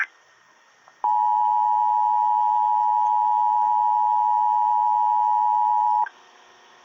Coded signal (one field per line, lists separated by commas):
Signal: Emergency Alert System (SAME) tones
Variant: 853 and 960 Hz attention tone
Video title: EAS 457 Winter Storm Warning for CO